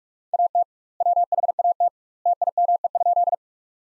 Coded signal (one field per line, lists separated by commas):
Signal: Morse code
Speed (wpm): 46 wpm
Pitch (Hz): 700 Hz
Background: none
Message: AT WHAT TIME?